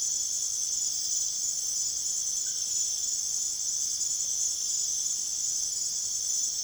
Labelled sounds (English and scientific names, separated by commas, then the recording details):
none
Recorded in secondary vegetation near Puerto Asís, Putumayo, Colombia, on 23 June 2025 at 23:30
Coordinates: 0.489, -76.322
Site G021